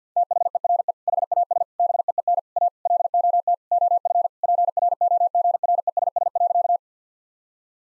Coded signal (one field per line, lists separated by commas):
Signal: Morse code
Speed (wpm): 49 wpm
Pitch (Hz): 700 Hz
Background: none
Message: THERE HAS BEEN A LOT OF PROGRESS.